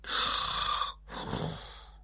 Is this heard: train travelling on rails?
no